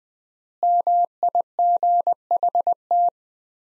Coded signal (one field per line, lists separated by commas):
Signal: Morse code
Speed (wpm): 20 wpm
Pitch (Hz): 700 Hz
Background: none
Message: MIGHT